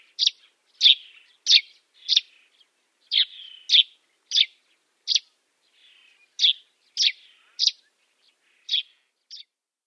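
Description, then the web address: Dead Sea sparrow singing a string of bright, high chirps, roughly one or two per second, with a few short breaks between bursts. "Schulze Peter Dead Sea Sparrow song"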